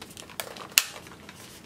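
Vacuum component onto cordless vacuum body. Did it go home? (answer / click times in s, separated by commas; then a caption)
yes / 0.8 s. A plastic component is pushed back onto the body of a DEIK 2-in-1 cordless vacuum cleaner, with a smaller tap at about 0.4 s before a sharp, bright click at 0.8 s. The part is seated and has clicked back into place.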